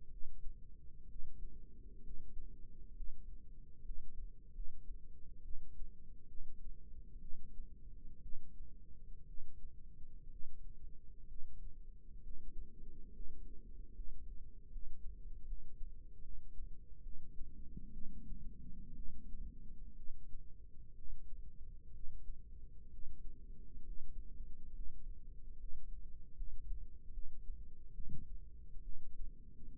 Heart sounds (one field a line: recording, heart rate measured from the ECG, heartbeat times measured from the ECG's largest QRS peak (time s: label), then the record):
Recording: heart sounds by microphone in the left ear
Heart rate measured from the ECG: 67 bpm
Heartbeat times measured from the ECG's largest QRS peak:
0.08 s: heartbeat
1.06 s: heartbeat
2.01 s: heartbeat
2.93 s: heartbeat
3.82 s: heartbeat
4.51 s: heartbeat
5.42 s: heartbeat
6.26 s: heartbeat
7.19 s: heartbeat
8.20 s: heartbeat
9.25 s: heartbeat
10.28 s: heartbeat
11.26 s: heartbeat
12.21 s: heartbeat
13.10 s: heartbeat
13.92 s: heartbeat
14.69 s: heartbeat
15.44 s: heartbeat
16.20 s: heartbeat
17.01 s: heartbeat
17.91 s: heartbeat
18.94 s: heartbeat
19.94 s: heartbeat
20.93 s: heartbeat
21.91 s: heartbeat
22.88 s: heartbeat
23.82 s: heartbeat
24.72 s: heartbeat
25.56 s: heartbeat
26.34 s: heartbeat
27.11 s: heartbeat
27.92 s: heartbeat
28.81 s: heartbeat
29.77 s: heartbeat
From the record:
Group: healthy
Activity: rest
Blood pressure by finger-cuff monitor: 136/67 mmHg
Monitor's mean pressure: 89 mmHg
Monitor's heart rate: 65 bpm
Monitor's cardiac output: 6.1 L/min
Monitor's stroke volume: 94 mL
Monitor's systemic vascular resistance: 1070 dyn s/cm5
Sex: female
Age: 37 years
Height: 168 cm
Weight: 70 kg